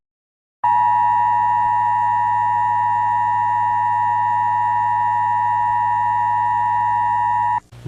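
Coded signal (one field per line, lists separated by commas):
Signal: Emergency Alert System (SAME) tones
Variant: 853 and 960 Hz attention tone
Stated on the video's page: Fictional zombie-apocalypse EAS scenario containing valid EAS tones.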